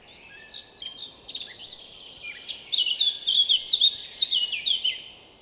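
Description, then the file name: Eurasian blackcap song: a quiet, scratchy warble that builds into loud, clear fluty phrases in the second half, delivered in quick, varied notes. "Sylvia atricapilla"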